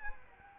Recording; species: mosquito wingbeat signal from an infrared sensor; Anopheles arabiensis